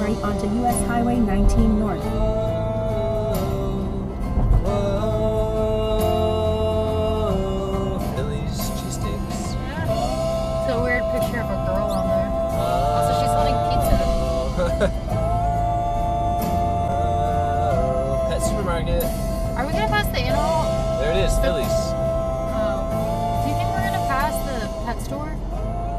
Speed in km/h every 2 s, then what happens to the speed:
74, 72, 71, 69, 66, 63, 63, 64, 68, 68, 68, 68, 68.
0-10 slows to 63. 10-26 steady at about 68.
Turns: none.